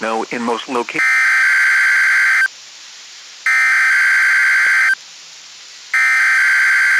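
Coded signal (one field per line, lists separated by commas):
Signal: Emergency Alert System (SAME) tones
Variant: header bursts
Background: speech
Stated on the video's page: NOAA Weather Radio weekly tests.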